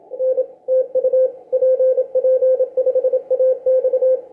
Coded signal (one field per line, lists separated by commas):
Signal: Morse code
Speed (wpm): 27 wpm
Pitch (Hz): 520 Hz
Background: none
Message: N TU PP5AX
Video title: PP5AX CARLOS FROM BRAZIL WORK ON CW MORSE CODE